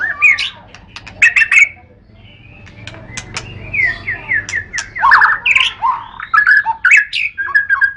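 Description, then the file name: White-rumped shama song of mixed squawky and whistled notes, a descending series of slurred phrases in the middle, then short chirping bursts repeated toward the end. "kicau murai batu matrix pawang bc lhokseumawe"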